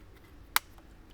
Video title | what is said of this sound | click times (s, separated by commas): MB Quart Six Speaker Plug & Play Upgrade - '18 - '23 JL Wrangler & '20 - '23 JT Gladiator | remember to reattach your two wires one snaps in the left here | 0.6 s